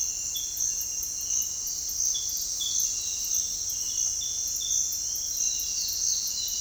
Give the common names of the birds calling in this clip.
none